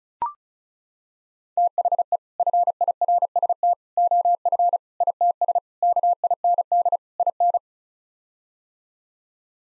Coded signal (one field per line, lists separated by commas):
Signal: Morse code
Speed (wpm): 34 wpm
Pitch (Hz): 700 Hz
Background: none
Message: THE FIRST OF ITS KIND IN